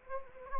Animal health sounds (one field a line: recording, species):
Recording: mosquito wingbeat signal from an infrared sensor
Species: Anopheles gambiae